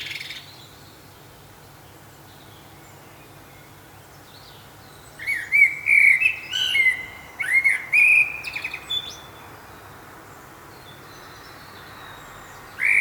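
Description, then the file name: Common blackbird song: a single phrase midway of mellow, wavering whistles mixed with sharp high squeaks, then quiet until a note at the very end. "Turdus merula"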